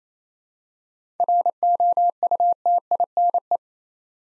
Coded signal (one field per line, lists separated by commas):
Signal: Morse code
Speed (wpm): 28 wpm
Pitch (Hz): 700 Hz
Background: none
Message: ROUTINE